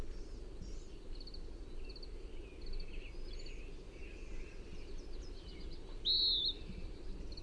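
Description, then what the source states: Western wood-pewee calling once near the end with a brief burry whistle; a fainter rhythmic high chirp series from another bird and a low background rumble throughout. Call type given as the "peeer" call.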